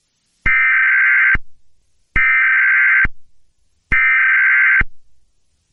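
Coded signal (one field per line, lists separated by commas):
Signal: Emergency Alert System (SAME) tones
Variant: header bursts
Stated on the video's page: Fictional in-universe recreation of a 2001 tornado warning, with added static noise.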